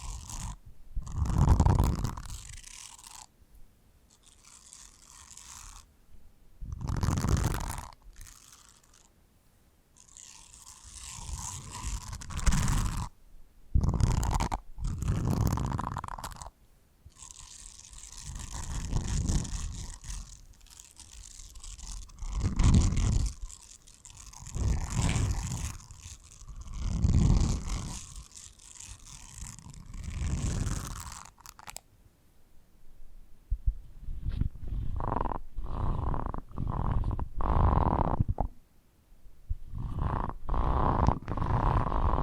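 Ear scratching with no talking: repeated bursts of rough, crunchy scraping, each lasting a second or two, with short quiet gaps between them. The strokes carry a low rumble along with a bright scratchy hiss, and after about 32 seconds they become shorter and quicker.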